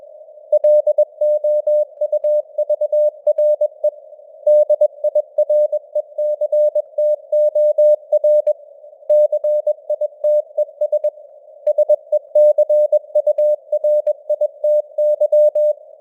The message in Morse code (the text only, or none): LOUVRE DIRECTOR CITES SECURITY